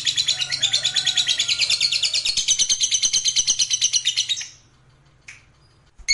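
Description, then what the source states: Lovebird giving a fast, high, rattling trill of rapid repeated notes for about four seconds, then stopping, followed by a couple of short chirps. Fighter lovebird giving long ngekek trill.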